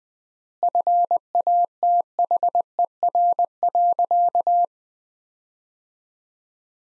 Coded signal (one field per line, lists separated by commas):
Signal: Morse code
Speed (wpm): 21 wpm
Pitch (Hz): 700 Hz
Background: none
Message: FATHER.